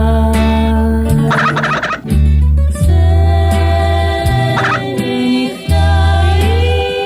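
Poultry calling: a couple of rapid, warbling gobble bursts break out over a loud, steady backdrop of sustained tonal notes that shift in pitch, with no talking.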